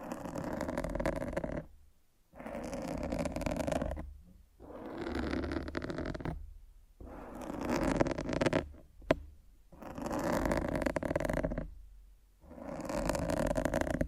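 Rough, rasping scratching rubs against a microphone in long strokes of about two seconds each, separated by brief silent gaps. The sound is dense and gritty across lows and highs, swelling and fading with each pass, with a few sharp clicks near the middle.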